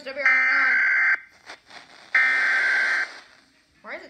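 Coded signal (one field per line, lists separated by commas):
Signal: Emergency Alert System (SAME) tones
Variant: header bursts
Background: speech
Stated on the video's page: NC Amber Alert relayed on nine FM stations.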